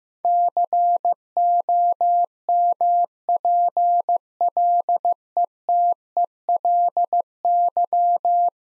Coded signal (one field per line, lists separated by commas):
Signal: Morse code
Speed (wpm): 15 wpm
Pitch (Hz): 700 Hz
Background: none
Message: COMPLETELY